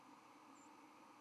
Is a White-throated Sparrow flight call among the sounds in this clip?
yes